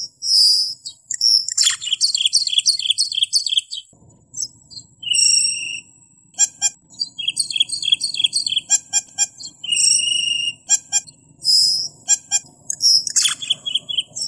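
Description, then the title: Asian glossy starling song: high, shrill chatter of metallic clicks, sharp whistles and buzzy trills, in quick bursts with brief pauses and a soft low hum beneath. "Suara Burung Cucak keling"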